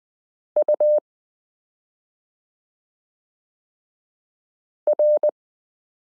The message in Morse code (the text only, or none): UR